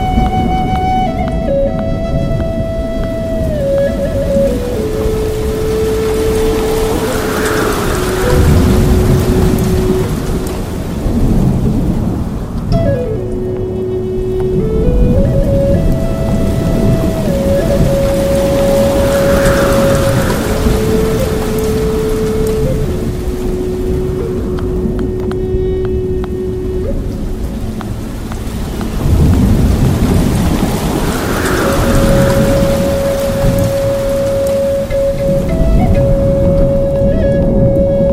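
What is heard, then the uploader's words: Gentle piano music plays over the steady hum of a waterfall, which fills the low and middle range without a break. The piano moves in slow, stepwise lines of sustained notes, and the pattern seems to return roughly every twelve seconds. Enchanting piano music, the gentle hum of a waterfall, and the comforting embrace of ambient sounds. Gentle water ripples.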